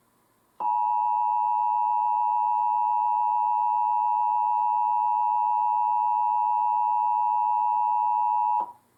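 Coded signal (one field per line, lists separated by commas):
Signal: Emergency Alert System (SAME) tones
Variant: 853 and 960 Hz attention tone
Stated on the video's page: National Periodic Test SAME tones captured from Portland TV stations, DirecTV channels, and an FM station that carried only the tones.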